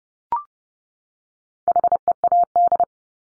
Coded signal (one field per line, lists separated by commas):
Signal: Morse code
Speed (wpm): 30 wpm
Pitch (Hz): 700 Hz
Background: none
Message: HEAD